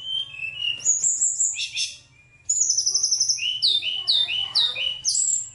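Bird song of high whistled notes and quick repeated chirps, a short silence, then a run of rapid stepped whistles and trills.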